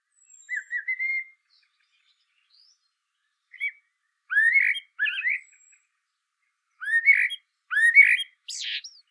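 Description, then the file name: Common blackbird song: mellow warbled phrases delivered in short bursts with pauses between them, the last ending in a squeaky high twitter. "Turdus merula"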